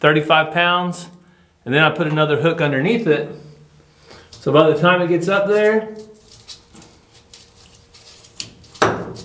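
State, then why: Seated. Someone talks while a magnetic hook rated for about 30 to 35 pounds, with another hook hung underneath it, is raised up against the metal ceiling of a shipping container. Sharp clicks at 8.4 s and 8.8 s mark the magnet attaching and seating firmly on the ceiling.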